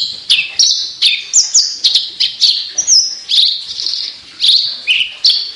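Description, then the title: Javan bush lark song of rapid high chirps mixed with thin drawn-out whistles, delivered steadily with only a short lull near the end. Local name branjangan; song described as gacor. "Branjangan Gacor Petir 1"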